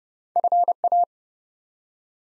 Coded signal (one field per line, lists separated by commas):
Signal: Morse code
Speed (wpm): 30 wpm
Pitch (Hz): 700 Hz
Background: none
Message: FA